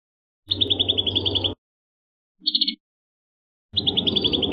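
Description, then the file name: Prinia singing quick trills of high repeated notes in two longer phrases with a brief short note between, over low rumbling noise. "suara burung perenjak kamboja. omkicau"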